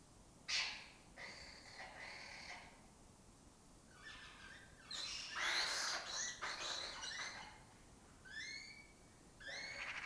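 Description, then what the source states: Lesser kestrels chatter in a busy mix of harsh rasping bursts and shorter chirps, irregularly spaced with a dense scratchy flurry in the middle. Breeding colony in an abandoned building complex in Doñana, southern Europe; migratory birds that forage in West Africa.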